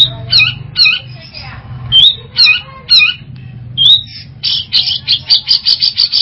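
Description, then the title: Long-tailed Shrike song: several harsh, nasal notes, then a fast rattling series of scratchy notes. "Audio Cendet Pentet"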